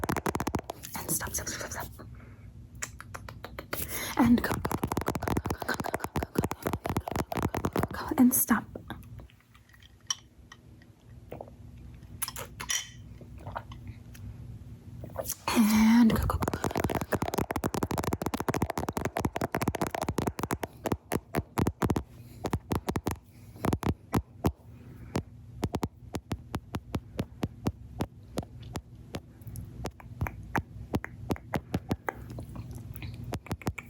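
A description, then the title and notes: Fingertips tap directly on a microphone in quick, dense runs of sharp knocks, some bursts rapid and others spaced out, especially after the midpoint. A low steady hum sits underneath, and brief bright scraping sounds occur near 4, 8 and 16 seconds. ASMR Camera Tappies! (Tapping directly on the camera + your face).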